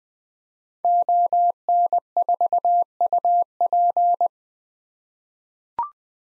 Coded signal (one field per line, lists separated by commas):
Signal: Morse code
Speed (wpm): 21 wpm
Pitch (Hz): 700 Hz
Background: none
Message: ON4UP